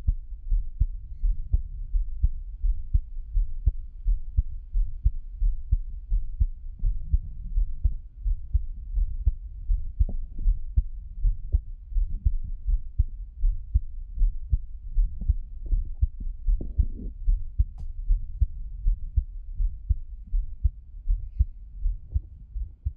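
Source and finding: Heart, close microphone. Normal heartbeat.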